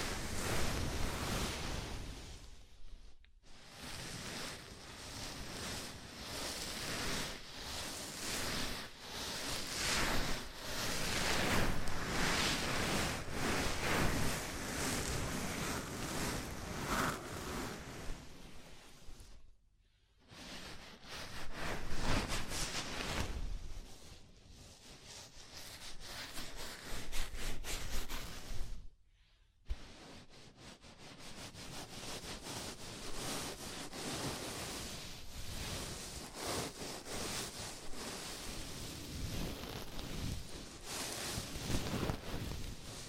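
A scalp massage: fingers rub and scratch through hair in a dense, steady rushing hiss, with quick rhythmic strokes flickering through it. The sound stops briefly around 3, 20 and 29 seconds, then the rubbing resumes at a similar pace.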